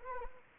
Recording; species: mosquito wingbeat signal from an infrared sensor; Anopheles arabiensis